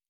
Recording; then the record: hydrophone in a shrimp aquaculture tank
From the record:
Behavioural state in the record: normal